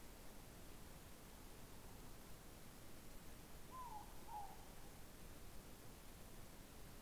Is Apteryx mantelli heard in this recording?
no